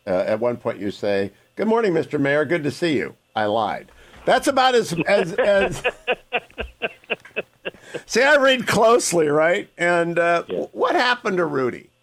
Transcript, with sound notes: At one point, you say, “Good morning, Mr. Mayor, good to see you.” I lied. That’s about as… (laughing) See, I read closely, right?
Yeah.
And what happened to Rudy?